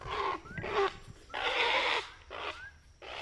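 Great Blue Heron croaks: harsh, rasping squawks in bursts, short ones before and after a longer grating call near the middle.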